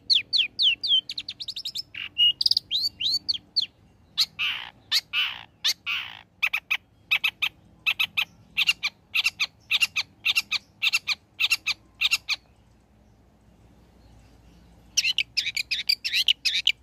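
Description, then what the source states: Long-tailed shrike song: fast trilled notes give way to harsh raspy phrases and rapid ticking notes, a silent gap of a few seconds, then chattering resumes. Prolific singer (gacor) presented as masteran material for training songbirds to learn its song.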